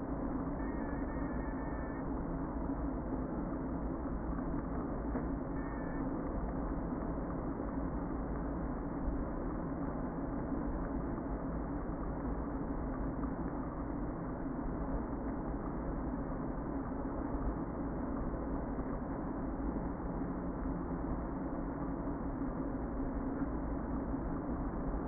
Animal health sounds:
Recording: honeybee colony, microphone inside the hive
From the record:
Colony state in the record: queen present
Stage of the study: before two queens were removed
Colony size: about 60,000 bees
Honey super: yes

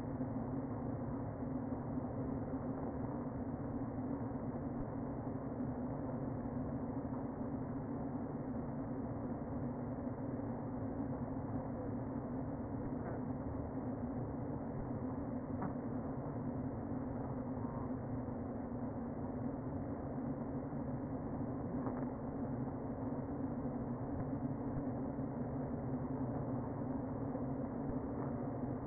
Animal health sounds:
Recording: honeybee colony, microphone inside the hive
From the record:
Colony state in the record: queen present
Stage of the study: before two queens were removed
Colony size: about 60,000 bees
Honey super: yes

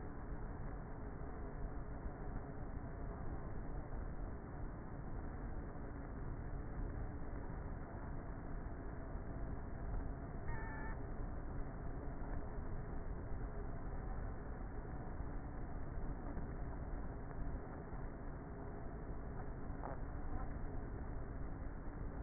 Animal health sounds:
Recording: honeybee colony, microphone inside the hive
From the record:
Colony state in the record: queenless with a low population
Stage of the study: before two queens were removed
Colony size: about 30,000 bees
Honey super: no

